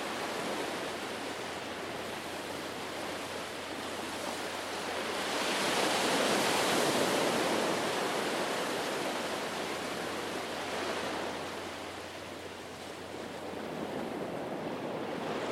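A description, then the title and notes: Waves wash onto a beach in a steady, dense hiss of surf that swells and ebbs slowly. The roar builds to its fullest around six to nine seconds, eases back near thirteen, then begins to rise again. A faint low hum runs underneath throughout. Soothing waves rising and falling on a beach in Wester Ross. We're in Wester Ross in the Highlands. By the time you reach Red Point, you hear the waves calling, and within moments you’re sat on the sand, the breaking water pulling all your senses towards it. Recorded by Daniel Graham, presented by Hannah Tribe.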